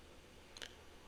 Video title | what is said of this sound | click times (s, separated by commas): Kawasaki ZZR600 DIY oil change - detailed step by step - When should you change your motorcycle oil? | um again depending on how it works you're going to hear a click that means that you're at the | 0.6 s